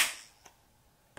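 A plastic cap is screwed or pressed back onto a bottle of Cherry NyQuil liquid cold medicine. A bright, fading burst at the start and a faint tick near 0.5 s lead to a sharp click at 1.2 s as the cap seats closed.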